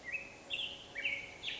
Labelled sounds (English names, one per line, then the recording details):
Black-headed Grosbeak
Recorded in Sonoma County, California